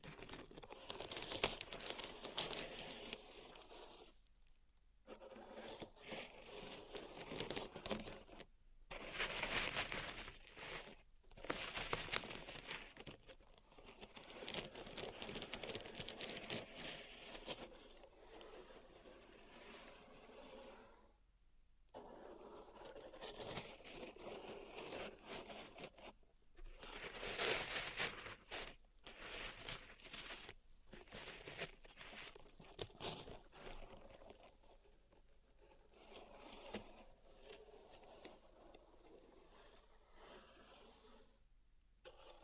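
Raking and scraping through pink salt in a zen garden, gritty rustling strokes in uneven bursts broken by brief silent pauses.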